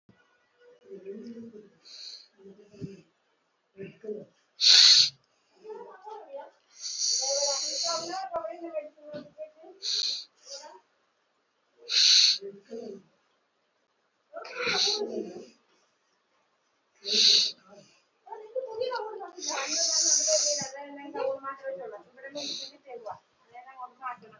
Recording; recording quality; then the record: deep breathing; moderate, slight background noise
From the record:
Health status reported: COVID-19 positive, moderate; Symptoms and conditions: breathing difficulty, fever, loss of smell and taste, hypertension, diabetes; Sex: male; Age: 57 years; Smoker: not ticked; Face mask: worn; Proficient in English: yes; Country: India